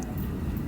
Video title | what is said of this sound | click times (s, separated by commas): Crankshaft Position Sensor Replacement of Dodge Avenger 2008 - 2.4L - Limp Mode - P0700 P0335 P0642 | and you will get the click sound | 0.0 s